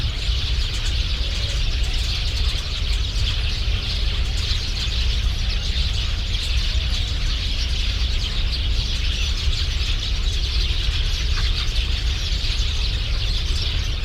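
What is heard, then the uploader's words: Dense, steady bird chatter from a tree fills the air with bright chirps, over a constant low rumble that sounds like traffic. Orange tree bird chatter.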